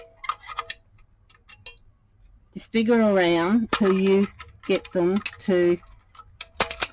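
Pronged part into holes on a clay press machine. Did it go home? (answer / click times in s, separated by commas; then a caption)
yes / 6.4 s, 6.6 s. A small part with prongs is wiggled into matching holes while a polymer clay press machine is put back together after cleaning. Someone talks over faint tapping and handling sounds. The prongs click into the holes at 6.4 and 6.6 seconds, and the part is seated.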